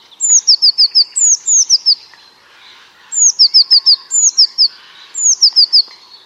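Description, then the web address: Bird calling in loud bursts: each a high downward-sliding note followed by several quick chirps, in groups separated by short pauses. "Deverinetal 2025. Bird Only"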